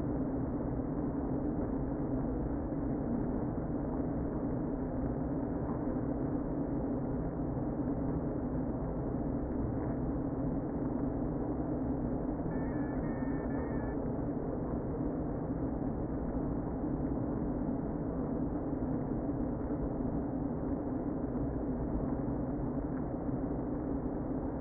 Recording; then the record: honeybee colony, microphone inside the hive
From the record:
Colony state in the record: queen present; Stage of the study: before two queens were removed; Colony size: about 60,000 bees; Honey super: yes